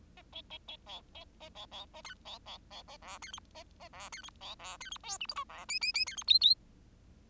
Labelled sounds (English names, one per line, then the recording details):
Bengalese Finch song
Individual Bird10